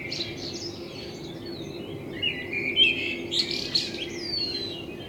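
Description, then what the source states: Common blackbird singing a short warbled phrase of fluty notes ending in thin, high twittering, over a steady low hum. Blackbird in front of the recordist's window; captured binaurally with a self-built dummy head, for headphone listening.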